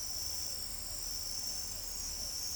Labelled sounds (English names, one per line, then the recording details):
none
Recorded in pastures near Pivijay, Magdalena, Colombia, on 2 June 2023 at 00:30
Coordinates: 10.456, -74.369
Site P6-G026